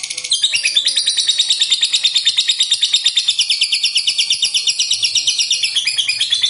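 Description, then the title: Lovebird giving a sustained, fast chatter of shrill buzzy notes at an even, rapid rhythm. "Suara Lovebird"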